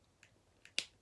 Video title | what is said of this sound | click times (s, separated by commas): ACTION FIGURE REVIEW: Hasbro Transformers Part 1 | Okay, it's back in. It snapped back in easily, and it does fold back there, which is part of the reason I didn't notice it. | 0.8 s